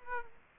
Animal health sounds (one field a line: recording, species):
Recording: mosquito wingbeat signal from an infrared sensor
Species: Aedes aegypti